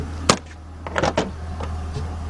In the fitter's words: one I can pick it up snap it on locks into place